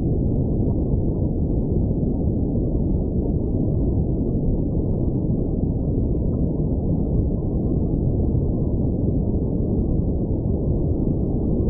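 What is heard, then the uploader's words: A deep underwater ambience: a dense, steady rumble that stays low and muffled, with nothing bright above it. The level holds even across the whole stretch, churning without distinct events, like heavy water pressing in from all sides. Deep Underwater Exploration.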